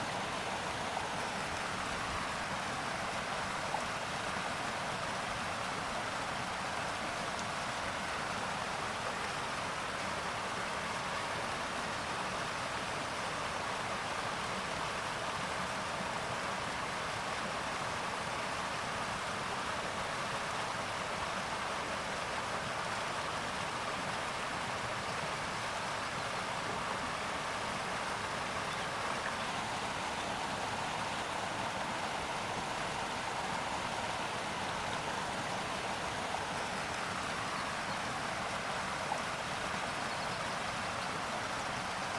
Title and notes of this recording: Harmonies Of A Flowing River & Tropical Birds Singing In An Enchanting Forest. In the heart of this enchanted forest, a river meanders gracefully